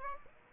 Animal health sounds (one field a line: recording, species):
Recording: mosquito wingbeat signal from an infrared sensor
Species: Aedes aegypti